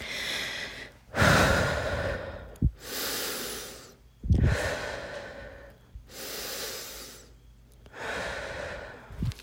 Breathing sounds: deep breathing after running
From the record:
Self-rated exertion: vigorous exertion (4 of 6); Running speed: 6 miles an hour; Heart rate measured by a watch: 131 beats a minute at the start, 128 at the end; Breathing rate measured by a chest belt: 16 breaths a minute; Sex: female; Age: 18 years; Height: 171 cm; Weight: 75 kg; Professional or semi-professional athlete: no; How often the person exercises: 1 to 2 times a week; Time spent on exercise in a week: under 1 hour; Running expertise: no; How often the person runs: 1 to 2 times a week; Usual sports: running, fencing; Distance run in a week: 3 km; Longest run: 21.3 km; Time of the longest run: 190 minutes

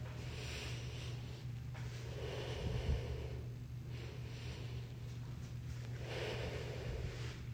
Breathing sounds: deep breathing after running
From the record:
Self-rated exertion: light exertion (2 of 6); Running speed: 5 miles an hour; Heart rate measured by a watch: 84 beats a minute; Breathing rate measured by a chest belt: 10 breaths a minute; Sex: female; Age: 56 years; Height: 158 cm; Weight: 68 kg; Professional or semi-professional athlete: no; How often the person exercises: 3 to 5 times a week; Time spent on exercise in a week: 2 to 3 hours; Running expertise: no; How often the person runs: 3 to 5 times a week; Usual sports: running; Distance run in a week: 30 km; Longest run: 42 km

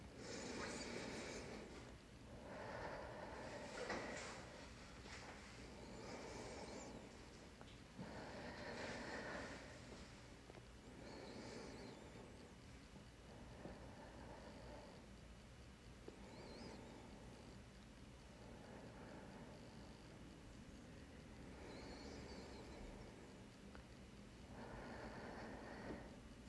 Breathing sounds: deep breathing after running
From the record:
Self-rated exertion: moderate exertion (3 of 6); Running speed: 7 miles an hour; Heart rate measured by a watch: 92 beats a minute at the start, 84 at the end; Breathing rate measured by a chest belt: 8 breaths a minute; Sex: female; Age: 26 years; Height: 172 cm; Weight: 60 kg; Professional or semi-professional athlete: no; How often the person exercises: over 5 times a week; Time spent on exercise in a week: over 5 hours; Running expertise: yes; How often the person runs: 3 to 5 times a week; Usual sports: running, interval training, yoga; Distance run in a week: 50 km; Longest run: 21 km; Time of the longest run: 122 minutes

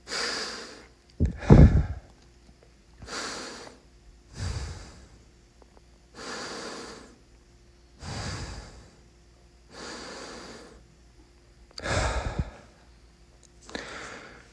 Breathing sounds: deep breathing after running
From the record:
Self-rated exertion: vigorous exertion (4 of 6); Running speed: 7 miles an hour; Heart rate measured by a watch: 142 beats a minute at the start, 138 at the end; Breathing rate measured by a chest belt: 19 breaths a minute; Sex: male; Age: 31 years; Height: 178 cm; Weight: 72 kg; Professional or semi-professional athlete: no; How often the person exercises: 3 to 5 times a week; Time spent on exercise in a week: 2 to 3 hours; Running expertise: yes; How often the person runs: 3 to 5 times a week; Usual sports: running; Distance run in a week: 5 km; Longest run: 10 km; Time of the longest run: 65 minutes

